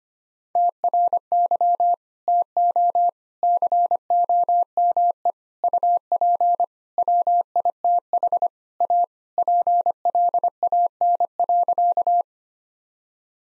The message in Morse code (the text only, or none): TRY TO COME UP WITH A PLAN.